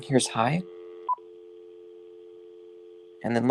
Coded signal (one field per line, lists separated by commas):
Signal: telephone call progress tone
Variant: North America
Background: speech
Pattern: dial tone